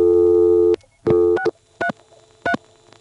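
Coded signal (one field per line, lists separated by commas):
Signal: DTMF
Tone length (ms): 80 ms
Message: 633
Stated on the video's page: Telephone tones from an NX1 crossbar exchange.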